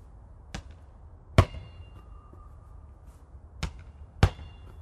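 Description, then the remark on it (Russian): A red plastic ball, thrown by hand, strikes a wall and then the ground in two pairs of sharp, hollow knocks, each wall hit with a faint ringing tone and each floor bounce slightly different, over quiet background noise, then is caught. “Красный пластиковый мячик тихонько звенит, стукнувшись о стену. Затем отскакивает от земли, издавая при этом немного другой звук.”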